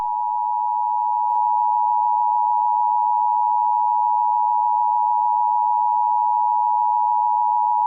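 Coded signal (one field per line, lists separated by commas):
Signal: Emergency Alert System (SAME) tones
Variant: 853 and 960 Hz attention tone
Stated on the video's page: Fictional EAS scenario.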